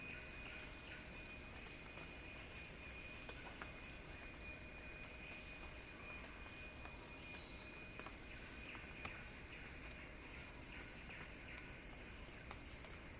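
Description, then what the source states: Cicada droning high with bursts of fast pulsed trilling and a thin steady tone running through. Cicada song building in a crescendo.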